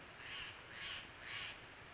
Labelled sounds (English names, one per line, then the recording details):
Steller's Jay
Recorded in Sonoma County, California